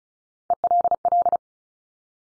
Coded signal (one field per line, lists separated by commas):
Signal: Morse code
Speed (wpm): 36 wpm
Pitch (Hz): 700 Hz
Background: none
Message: ELL